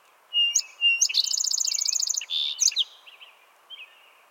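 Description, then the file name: Song sparrow song: two clear opening notes, a quick rattling trill, then a buzzy note and a few jumbled closing notes; faint bird chips follow. "Melospiza melodia - Song Sparrow"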